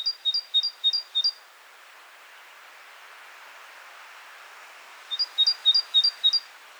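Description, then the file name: Great tit singing bright two-note phrases, a run of five quick repeats, a pause with soft background hiss, then another run of five. "Parus major"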